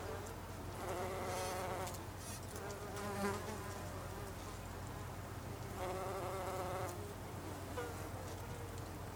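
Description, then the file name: Bumblebee buzz coming in repeated bursts, a pitched drone swelling and fading several times over a low continuous hum. Recorded 26 August 2012; Icelandic name hunangsflugur, plural. "hunangsflugur 2012-08-26"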